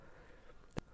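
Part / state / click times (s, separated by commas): filament spool holder into the side slot of a 3D printer / seated / 0.7 s, 0.8 s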